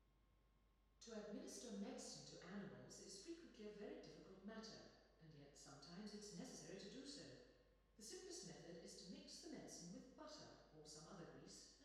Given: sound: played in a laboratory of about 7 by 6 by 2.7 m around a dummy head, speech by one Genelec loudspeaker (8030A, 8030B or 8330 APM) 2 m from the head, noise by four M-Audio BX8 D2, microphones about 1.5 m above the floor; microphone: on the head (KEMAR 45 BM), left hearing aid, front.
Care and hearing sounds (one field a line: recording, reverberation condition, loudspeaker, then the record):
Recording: female speech in English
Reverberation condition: high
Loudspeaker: 30 degrees to the right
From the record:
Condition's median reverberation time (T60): about 1300 ms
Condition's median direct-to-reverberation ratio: about -4.0 dB